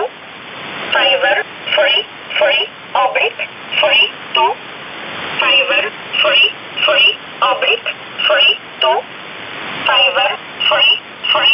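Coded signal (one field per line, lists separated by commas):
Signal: numbers station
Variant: E11 Oblique, English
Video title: 26 06 2019 E11 Oblique Numbers station in English 0900 on 7439 unknown tx site in USB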